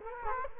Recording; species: mosquito wingbeat signal from an infrared sensor; Culex quinquefasciatus